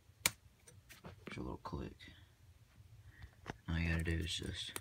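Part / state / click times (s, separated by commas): plastic magazine into construction-toy rail gun / seated / 0.3 s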